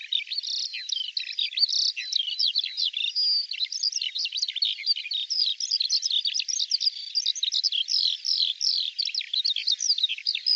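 Bird singing a nonstop run of high, sharp chirps and buzzy trills, dense and fast, with brief louder bursts early on.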